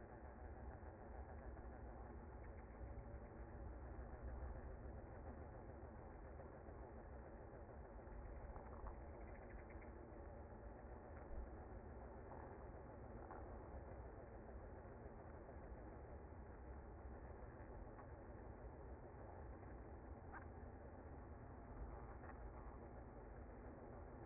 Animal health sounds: honeybee colony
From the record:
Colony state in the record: active

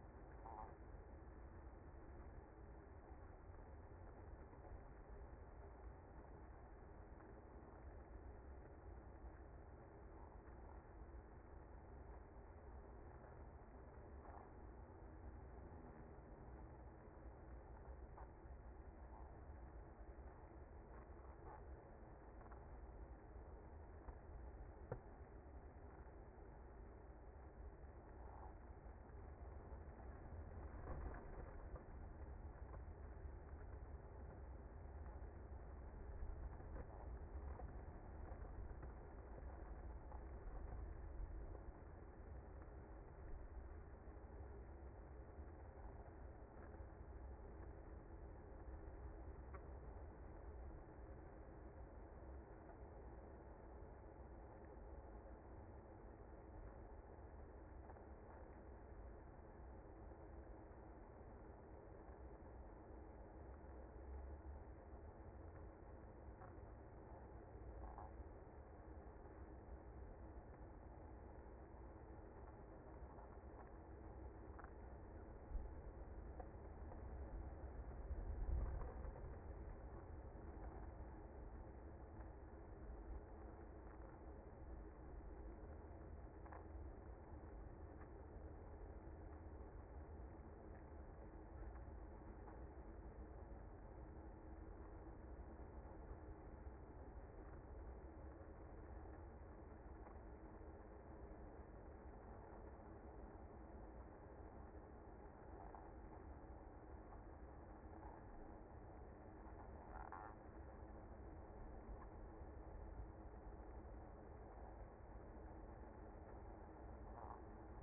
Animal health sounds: honeybee colony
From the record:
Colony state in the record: active

